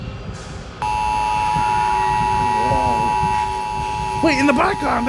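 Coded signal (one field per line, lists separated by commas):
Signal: Emergency Alert System (SAME) tones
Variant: 853 and 960 Hz attention tone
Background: speech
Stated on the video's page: Fictional zombie EAS scenario.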